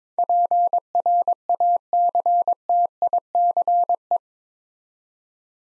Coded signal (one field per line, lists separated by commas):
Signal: Morse code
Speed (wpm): 23 wpm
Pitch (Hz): 700 Hz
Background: none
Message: PRACTICE